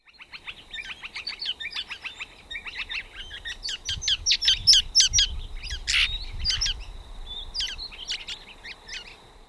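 Red-rumped parrot calls: rapid bursts of high, sharp chirps and trills, many overlapping in quick succession, with a louder squawk near the middle and a low rumble beneath.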